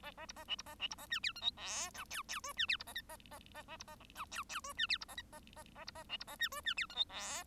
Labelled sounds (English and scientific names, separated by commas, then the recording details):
Bengalese Finch (Lonchura striata domestica) song
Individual Bird1